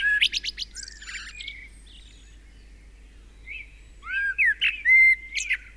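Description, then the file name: Common blackbird song: a twittering phrase, a pause, then fluted whistles with high squeaky notes. "Turdus merula"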